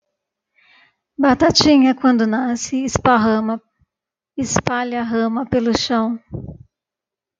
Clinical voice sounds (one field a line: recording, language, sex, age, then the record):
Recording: short text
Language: Brazilian Portuguese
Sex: female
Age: 50 to 59 years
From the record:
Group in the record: control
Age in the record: 52 years